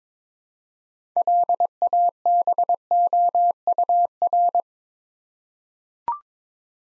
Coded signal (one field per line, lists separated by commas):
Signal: Morse code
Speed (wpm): 22 wpm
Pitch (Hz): 700 Hz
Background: none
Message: LABOUR